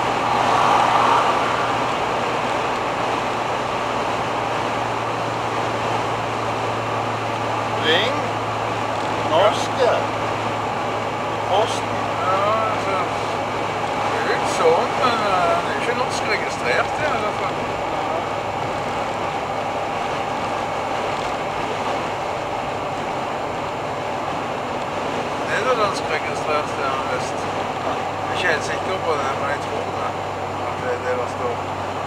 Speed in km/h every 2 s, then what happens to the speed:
105, 105, 101, 100, 97, 97, 94, 94, 92, 92, 91, 90, 89, 88, 87, 86.
0-32 slows to 86.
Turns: none.